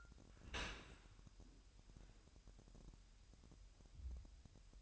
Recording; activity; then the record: daily activity, microphone in the room; open dishwasher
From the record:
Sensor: 2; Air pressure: 998.0 hPa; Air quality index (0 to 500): 148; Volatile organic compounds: 4 ppm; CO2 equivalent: 1675 ppm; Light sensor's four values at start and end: 9/29/11/11 and 9/29/11/11